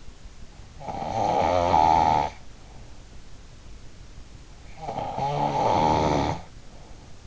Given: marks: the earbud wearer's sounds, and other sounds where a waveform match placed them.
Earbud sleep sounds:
sounds in sleep by an in-ear microphone; snoring breath
0.61-3.13 s: snoring breath
4.78-7.27 s: snoring breath

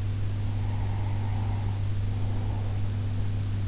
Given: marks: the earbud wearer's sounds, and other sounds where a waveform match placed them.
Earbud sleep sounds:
sounds in sleep by an in-ear microphone; breath
0.53-3.02 s: breath

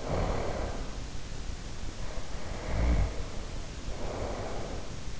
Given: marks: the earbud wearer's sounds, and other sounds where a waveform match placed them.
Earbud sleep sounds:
sounds in sleep by an in-ear microphone; breath, snoring breath
0.00-1.07 s: breath
1.95-5.10 s: snoring breath

